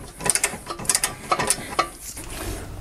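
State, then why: Not seated. A torque wrench set to 64 Nm tightens the 18 mm nut on a new upper ball joint in the front suspension of a Lexus LS 400. The ratchet pawl clatters in repeated sharp bursts, the strongest near 0.3, 0.9, 1.0 and 1.5 seconds. The wrench has not given its release click, so it fails to click at its setting.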